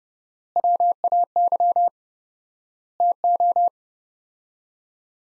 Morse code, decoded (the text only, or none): WAY TO